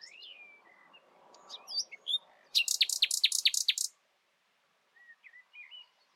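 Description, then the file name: Common nightingale song: quiet slurred whistles lead into a loud, fast burst of repeated sharp notes, ending with soft twittering after silence. "Luscinia megarhynchos"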